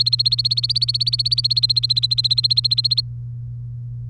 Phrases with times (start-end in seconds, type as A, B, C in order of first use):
0.00-3.01 A